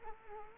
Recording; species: mosquito wingbeat signal from an infrared sensor; Culex quinquefasciatus